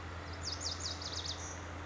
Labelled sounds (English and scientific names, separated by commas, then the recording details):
Lazuli Bunting (Passerina amoena)
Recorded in Sonoma County, California